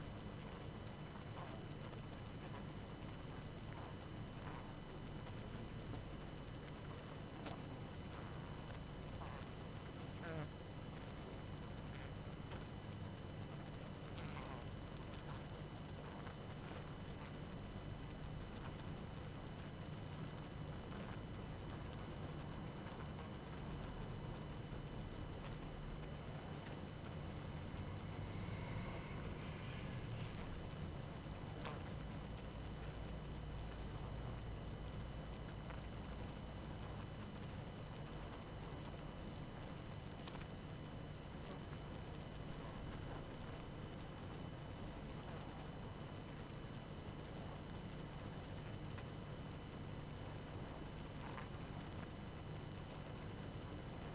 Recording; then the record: honeybee colony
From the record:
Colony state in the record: active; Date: 12 June 2018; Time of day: 22:10